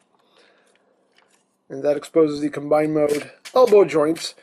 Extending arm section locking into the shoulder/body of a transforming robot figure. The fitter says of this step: make sure you pull it all the way down so you hear that click right there